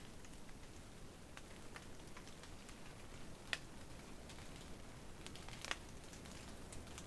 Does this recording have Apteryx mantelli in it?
no